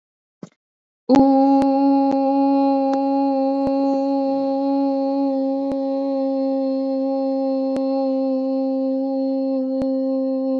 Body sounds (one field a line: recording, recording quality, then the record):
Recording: sustained vowel as in boot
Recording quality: excellent, no background noise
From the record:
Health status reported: COVID-19 positive, mild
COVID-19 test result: positive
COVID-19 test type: RT-PCR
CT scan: not taken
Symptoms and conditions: sore throat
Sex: female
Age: 24 years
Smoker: no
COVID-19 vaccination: both doses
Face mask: not worn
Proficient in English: yes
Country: India